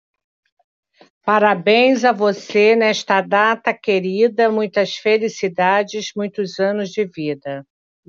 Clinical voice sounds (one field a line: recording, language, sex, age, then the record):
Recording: short text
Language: Brazilian Portuguese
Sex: female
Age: 60 to 69 years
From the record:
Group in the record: control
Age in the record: 63 years